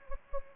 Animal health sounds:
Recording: mosquito wingbeat signal from an infrared sensor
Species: Anopheles gambiae

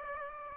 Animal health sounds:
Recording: mosquito wingbeat signal from an infrared sensor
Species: Aedes aegypti

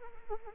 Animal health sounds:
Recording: mosquito wingbeat signal from an infrared sensor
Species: Anopheles arabiensis

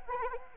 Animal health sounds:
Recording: mosquito wingbeat signal from an infrared sensor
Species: Anopheles arabiensis

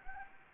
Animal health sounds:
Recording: mosquito wingbeat signal from an infrared sensor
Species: Anopheles gambiae

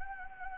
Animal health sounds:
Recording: mosquito wingbeat signal from an infrared sensor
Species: Anopheles gambiae

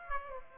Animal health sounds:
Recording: mosquito wingbeat signal from an infrared sensor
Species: Aedes aegypti

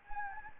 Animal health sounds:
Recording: mosquito wingbeat signal from an infrared sensor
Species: Anopheles gambiae

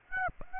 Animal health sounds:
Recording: mosquito wingbeat signal from an infrared sensor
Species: Aedes aegypti

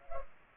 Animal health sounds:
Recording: mosquito wingbeat signal from an infrared sensor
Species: Culex pipiens

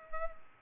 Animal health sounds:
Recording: mosquito wingbeat signal from an infrared sensor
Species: Culex pipiens

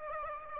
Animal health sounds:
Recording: mosquito wingbeat signal from an infrared sensor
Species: Aedes aegypti

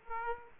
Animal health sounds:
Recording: mosquito wingbeat signal from an infrared sensor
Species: Aedes aegypti

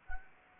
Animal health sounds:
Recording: mosquito wingbeat signal from an infrared sensor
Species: Anopheles gambiae

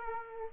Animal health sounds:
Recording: mosquito wingbeat signal from an infrared sensor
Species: Aedes aegypti

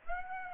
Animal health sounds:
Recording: mosquito wingbeat signal from an infrared sensor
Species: Aedes aegypti

